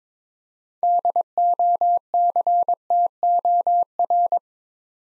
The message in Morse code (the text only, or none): DOCTOR